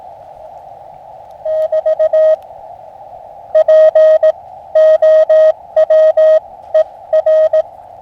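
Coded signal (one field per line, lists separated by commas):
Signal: Morse code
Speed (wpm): 19 wpm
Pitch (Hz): 630 Hz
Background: none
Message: <BT> POWER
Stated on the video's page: QRP Morse contacts from a portable station in a forest along the Rio Grande.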